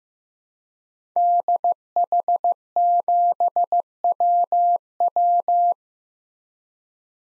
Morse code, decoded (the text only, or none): DH7WW